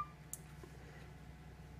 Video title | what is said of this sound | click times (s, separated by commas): Talkie Walkie Midland G18 PMR446 UHF Presentation Go Technique | voilà la batterie donc se fixe à l'arrière et se clipse bien solidement en dessous | 0.3 s